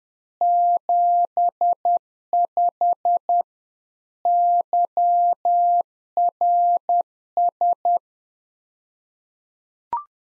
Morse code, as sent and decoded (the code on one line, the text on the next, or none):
--... ..... / -.-- .-. ...
75 YRS